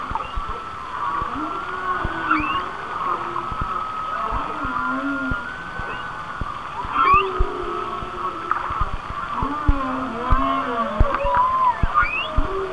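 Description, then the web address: Whale song: scattered short moans and upswept chirps over a long, steady high tone, with a low rumbling background throughout. "Natures Songs Whale Songs Whale Songs"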